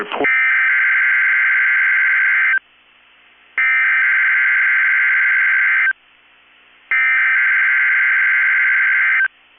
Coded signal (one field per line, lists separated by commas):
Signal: Emergency Alert System (SAME) tones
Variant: header bursts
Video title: 2/8/23 - KEC65 Required Weekly Test (EAS #717)